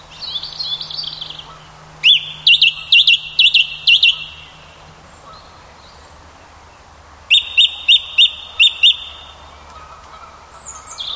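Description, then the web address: Song thrush singing, a repeated note sounded several times in quick succession, then a pause and the phrase repeated; faint other birdsong and a low steady hum behind. Singing at dusk, with other birds singing in the background. "Ian Hubball Song Thrush"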